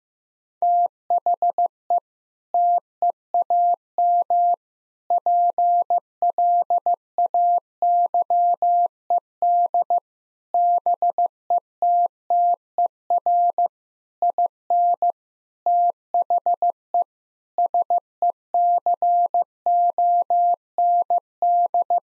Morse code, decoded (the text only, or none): THE TEAM PLAYED BETTER IN THE SECOND